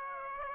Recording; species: mosquito wingbeat signal from an infrared sensor; Aedes aegypti